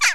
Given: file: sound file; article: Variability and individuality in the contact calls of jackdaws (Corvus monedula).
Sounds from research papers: jackdaw call; harmonic

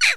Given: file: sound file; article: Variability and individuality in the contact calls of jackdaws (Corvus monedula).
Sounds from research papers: jackdaw call; noisy

